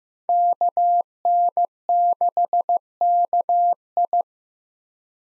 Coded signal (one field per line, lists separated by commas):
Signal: Morse code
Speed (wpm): 15 wpm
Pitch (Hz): 700 Hz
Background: none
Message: KN6KI